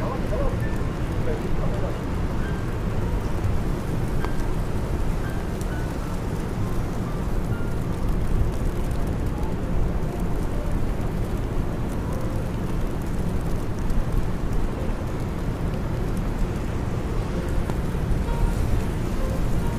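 Rain on a New York day, a steady low rumble that stays even for the whole stretch, thick with traffic-like roar underneath. Faint brief tones and small clicks surface now and then above the wash, with no clear break or swell.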